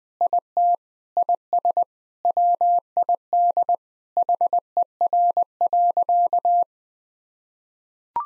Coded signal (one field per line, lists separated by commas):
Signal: Morse code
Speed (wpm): 20 wpm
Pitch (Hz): 700 Hz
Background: none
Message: IT IS WID HER.